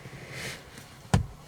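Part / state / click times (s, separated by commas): LED light housing into interior trim panel / seated / 1.1 s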